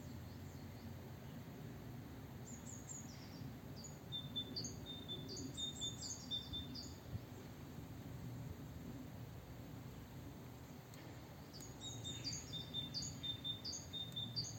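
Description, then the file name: Great tit calls: clusters of high, thin notes and flat whistles in short bursts, with a quiet gap midway, over a steady low rumble. "Parus major"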